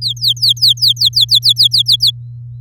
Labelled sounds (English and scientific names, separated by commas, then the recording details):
Domestic Canary (Serinus canaria) song
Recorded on 8 May 2018 at 10:37
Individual llb16